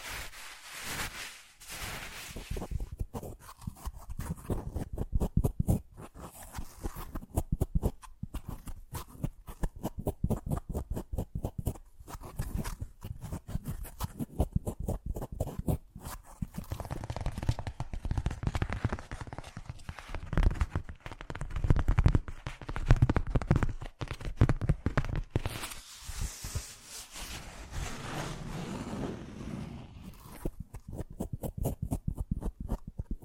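Fast, unpredictable ASMR triggers: a dense stream of quick tapping and clicking strokes that keeps shifting in rhythm and pitch. Low thumps mix with brighter crinkly scratches, and around the 26-second mark the sound turns to a softer, hissier rubbing before the tapping returns.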